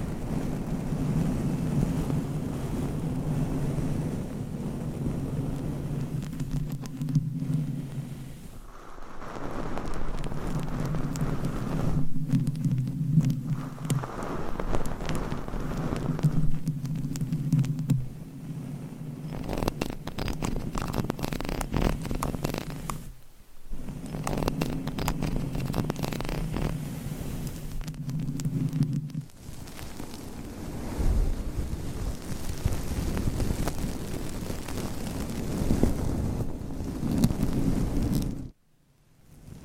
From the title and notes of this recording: ASMR Mic Scratching - Tapping & Brushing on 7 Mics with DIY Mic Covers 100% Tingles - No Talking.